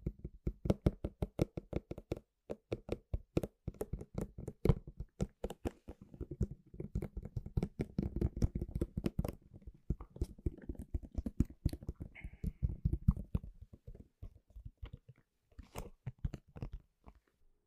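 A household object makes a rapid run of dry clicks and crunches, dense and fairly regular through the first ten seconds. The strokes then thin out and soften, with scattered taps to the end and a brief higher squeak near twelve seconds.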